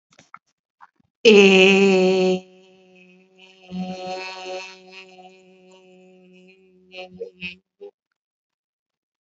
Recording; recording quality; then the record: sustained vowel as in made; excellent, no background noise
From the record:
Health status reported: healthy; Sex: female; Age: 53 years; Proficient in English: yes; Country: India